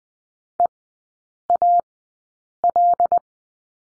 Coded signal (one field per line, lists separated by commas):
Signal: Morse code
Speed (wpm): 20 wpm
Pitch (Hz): 700 Hz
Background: none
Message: EAL